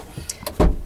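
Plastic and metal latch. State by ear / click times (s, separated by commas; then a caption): released / 0.3 s. On a 2008 Toyota Prius with a flat auxiliary battery, a hand reaches inside and pulls the rear hatch latch's manual emergency release lever open with the fingers. A sharp, bright click at 0.3 s marks the lever releasing, followed by a second short tick near 0.5 s and a heavier low thump around 0.6 s. The latch lever is released open.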